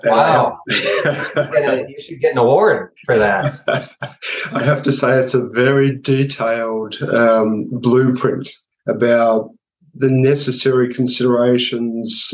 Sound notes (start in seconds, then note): 0.6 laughter; 3.2 laughter